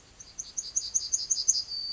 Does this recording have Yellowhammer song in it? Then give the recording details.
yes. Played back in forest. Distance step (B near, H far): D. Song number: 133